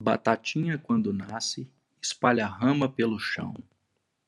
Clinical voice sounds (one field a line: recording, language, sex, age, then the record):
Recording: short text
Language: Brazilian Portuguese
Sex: male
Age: 50 to 59 years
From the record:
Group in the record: control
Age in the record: 50 years